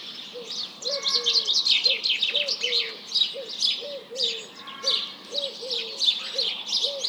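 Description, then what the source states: House Sparrows chirping continuously in a busy chorus of sharp, repeated notes, while pigeons coo steadily in the background. Large flock calling in the morning, mixed with various pigeons and other birds; 1 March 2007, 07:30.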